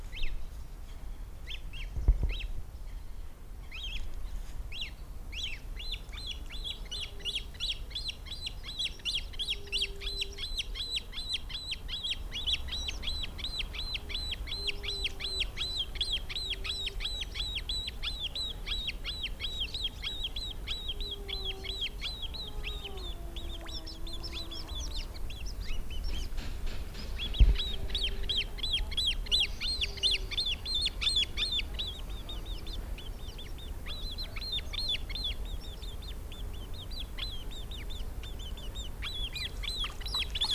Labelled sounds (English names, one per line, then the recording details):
Great Crested Grebe call
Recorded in the wild
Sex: diverse
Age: diverse
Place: Marmorpalais am Heiligen See, Brandenburg, DE
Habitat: See
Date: 1997-09-03 12:23
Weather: 19°C, bedeckt
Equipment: Sony MD-WM MZ-R3, Sennheiser ME 80, K 30 AV, Kopie Uher 4000 Report Monitor
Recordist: Tembrock, Günter